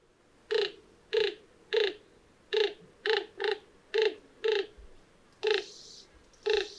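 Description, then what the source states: Greater Roadrunner bill snapping: several dry clacks, irregularly spaced, with no other clear sounds. Non-vocal sound made by rapidly snapping the bill together, producing a castanet-like clatter.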